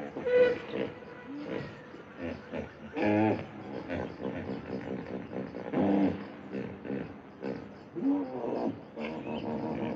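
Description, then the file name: Hippopotamus honking grunts, loud harmonic bursts in several bouts separated by pauses. "Begemot gippopotam"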